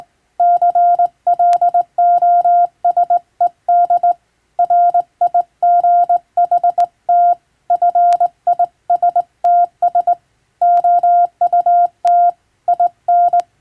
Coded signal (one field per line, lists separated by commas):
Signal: Morse code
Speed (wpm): 20 wpm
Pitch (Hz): 700 Hz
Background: none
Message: CLOSED RIGHT FISTS OUT IN